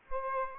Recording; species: mosquito wingbeat signal from an infrared sensor; Aedes aegypti